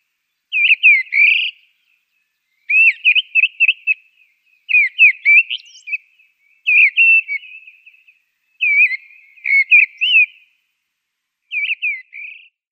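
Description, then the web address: Mistle thrush singing in six short phrases of ringing, whistled notes, separated by brief pauses. "Schulze Peter Mistle Thrush song"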